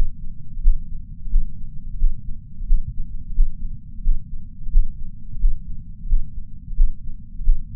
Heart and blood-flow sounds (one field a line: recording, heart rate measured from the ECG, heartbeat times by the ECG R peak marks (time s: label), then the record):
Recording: heart sounds by patch sensor on the chest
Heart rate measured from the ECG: 88 bpm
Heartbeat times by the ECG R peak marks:
0.62 s: heartbeat
1.30 s: heartbeat
1.98 s: heartbeat
2.67 s: heartbeat
3.35 s: heartbeat
4.03 s: heartbeat
4.71 s: heartbeat
5.40 s: heartbeat
6.08 s: heartbeat
6.76 s: heartbeat
7.44 s: heartbeat
From the record:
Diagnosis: coronary artery disease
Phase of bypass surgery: postoperative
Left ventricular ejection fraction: 69.2%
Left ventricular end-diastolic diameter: 44 mm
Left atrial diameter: 37 mm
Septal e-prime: 6.9 cm/s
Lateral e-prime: 8.2 cm/s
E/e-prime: 11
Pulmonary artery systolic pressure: 21 mmHg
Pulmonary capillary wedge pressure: 12 mmHg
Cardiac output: 4.9 L/min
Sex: male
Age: 63 years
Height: 170 cm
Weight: 85 kg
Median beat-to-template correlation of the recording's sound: 0.93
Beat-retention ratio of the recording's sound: 0.99